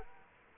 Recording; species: mosquito wingbeat signal from an infrared sensor; Culex quinquefasciatus